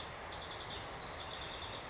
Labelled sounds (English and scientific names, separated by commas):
House Wren (Troglodytes aedon)